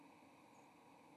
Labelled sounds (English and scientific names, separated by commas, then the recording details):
White-throated Sparrow (Zonotrichia albicollis) flight call
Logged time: 09:52 on 30 October 2014